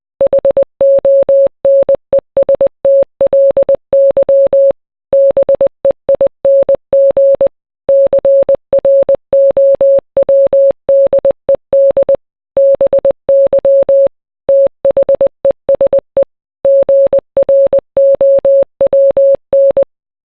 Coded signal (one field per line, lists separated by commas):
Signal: Morse code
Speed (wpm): 20 wpm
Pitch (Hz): 550 Hz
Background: none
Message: HONESTLY BEING CROWDED BY THESE GROWN